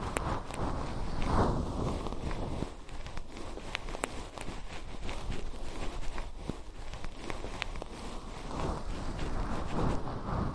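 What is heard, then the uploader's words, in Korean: Fluffy ear cleaning with a soft, dense rustle and scratch that fills the whole clip. Sharp little clicks and taps pop in every second or so, and the brushing swells louder near the start and again at the end. 솜털 귀청소 동시에 (인트로 수다 X).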